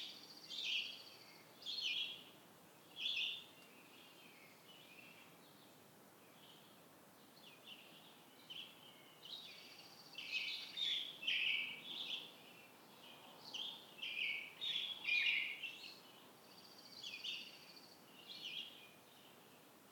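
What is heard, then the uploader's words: Birds sing and chirp at Petersfield Provincial Park, with bright, high calls arriving in short bursts. A few separate phrases open the first few seconds, then the singing grows busier and overlapping from about ten seconds on. A soft steady hiss runs underneath throughout. Theraphonia - Birdsong at Petersfield Park. A gentle conversation among the birds of Petersfield Provincial Park, Cape Breton, Nova Scotia.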